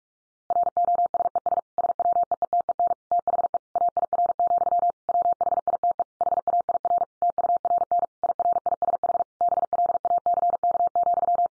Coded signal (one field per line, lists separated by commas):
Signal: Morse code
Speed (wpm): 44 wpm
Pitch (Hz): 700 Hz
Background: none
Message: ROSES SWEETEN THE AIR, WHITE HAIR TURN IRISH BLACK,